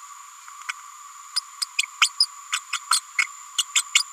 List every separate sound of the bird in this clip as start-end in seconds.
0.68-0.72, 1.36-1.40, 1.61-1.65, 2.01-2.10, 2.19-2.26, 2.52-2.59, 2.72-2.79, 2.91-3.00, 3.18-3.22, 3.58-3.63, 3.75-3.82, 3.94-4.02